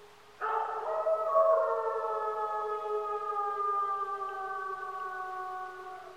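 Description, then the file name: Grey wolf giving one long howl that starts abruptly, then slides slowly downward in pitch over several seconds while fading gently. Adult male grey wolf, Algonquin Provincial Park, Canada. "grey wolf adult male algonquin provincial park canada tom cosburn"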